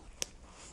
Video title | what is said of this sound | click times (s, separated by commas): Kyra Comfort 350 & 500 stirrups | top pad back over when the patient's foot is in here, and I just snap this together. So you can hear, | 0.2 s